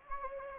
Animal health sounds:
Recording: mosquito wingbeat signal from an infrared sensor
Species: Anopheles gambiae

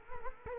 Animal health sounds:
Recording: mosquito wingbeat signal from an infrared sensor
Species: Culex quinquefasciatus

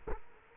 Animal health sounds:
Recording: mosquito wingbeat signal from an infrared sensor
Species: Culex quinquefasciatus

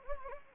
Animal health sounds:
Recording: mosquito wingbeat signal from an infrared sensor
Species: Anopheles gambiae

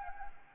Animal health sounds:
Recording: mosquito wingbeat signal from an infrared sensor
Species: Anopheles gambiae

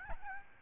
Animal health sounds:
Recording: mosquito wingbeat signal from an infrared sensor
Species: Aedes albopictus

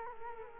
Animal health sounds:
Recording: mosquito wingbeat signal from an infrared sensor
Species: Culex quinquefasciatus

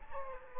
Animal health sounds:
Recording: mosquito wingbeat signal from an infrared sensor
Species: Aedes aegypti

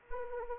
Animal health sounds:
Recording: mosquito wingbeat signal from an infrared sensor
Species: Anopheles arabiensis

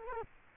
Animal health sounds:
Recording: mosquito wingbeat signal from an infrared sensor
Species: Culex quinquefasciatus

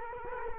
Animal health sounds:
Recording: mosquito wingbeat signal from an infrared sensor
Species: Culex quinquefasciatus

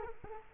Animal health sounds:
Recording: mosquito wingbeat signal from an infrared sensor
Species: Culex quinquefasciatus

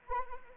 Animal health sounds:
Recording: mosquito wingbeat signal from an infrared sensor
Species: Anopheles arabiensis

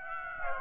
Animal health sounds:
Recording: mosquito wingbeat signal from an infrared sensor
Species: Aedes aegypti

